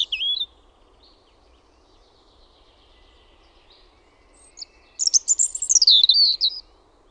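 European robin: a brief high note at the start, then a quiet gap before a rich phrase of fast, descending warbles and thin whistles.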